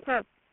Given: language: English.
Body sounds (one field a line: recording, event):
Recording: throat vibration sensor signal played as sound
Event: speech